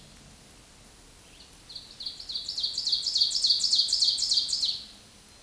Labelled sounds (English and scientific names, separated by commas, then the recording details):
Ovenbird (Seiurus aurocapilla) song
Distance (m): 5 m
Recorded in a Pennsylvania forest on 17 May 2023 at 13:25
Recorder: AudioMoth, point grid1_7_low
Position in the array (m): 148 m, 63 m